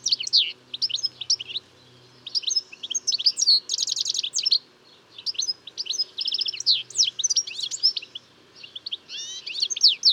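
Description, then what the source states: European goldfinch song: a fast, tinkling run of liquid twitters, trills and buzzy notes, with brief pauses between bursts throughout. Song of a male.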